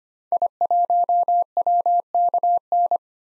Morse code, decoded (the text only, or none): I1WKN